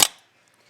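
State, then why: Seated. A small rubber check valve is pulled by its nub into its bore in a Holley 4010 series 4-barrel carburetor body until it snaps in and stays in place. A single sharp pop is heard at 0.0 s, then a faint tick near 0.5 s and near-silence. The valve is seated.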